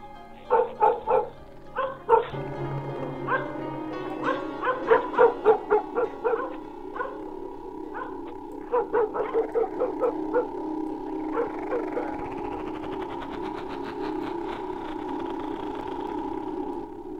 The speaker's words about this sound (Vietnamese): Văng vẳng xa xa, tiếng chó bắt đầu sủa râm ran.